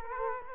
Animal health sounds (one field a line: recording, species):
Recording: mosquito wingbeat signal from an infrared sensor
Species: Culex quinquefasciatus